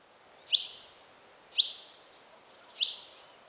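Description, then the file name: Common chaffinch giving three clear, abrupt notes at roughly one-second intervals over a quiet background. "Fringilla coelebs"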